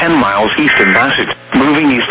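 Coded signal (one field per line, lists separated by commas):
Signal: Emergency Alert System (SAME) tones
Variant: end-of-message bursts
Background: speech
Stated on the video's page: Personally captured real EAS alerts.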